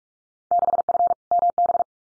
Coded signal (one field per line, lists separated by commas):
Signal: Morse code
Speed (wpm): 44 wpm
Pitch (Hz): 700 Hz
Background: none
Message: 6F MB